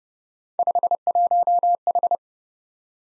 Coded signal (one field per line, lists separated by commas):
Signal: Morse code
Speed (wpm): 30 wpm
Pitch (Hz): 700 Hz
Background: none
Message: 51H